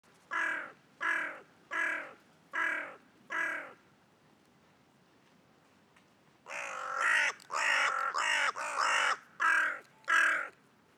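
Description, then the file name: Carrion Crow giving hoarse caws, five evenly spaced at first, then after a gap of nearly three seconds a rapid burst of longer, rougher caws. "Corvus corone"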